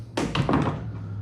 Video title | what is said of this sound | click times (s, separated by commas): Hobie Compass Paddle and Push Pole Holder | Go ahead and get our paddle snapped into place. | 0.2 s